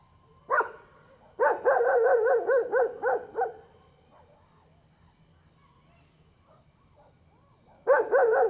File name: Cachorros latindo longe e depois perto a noite com grilo e passa uma moto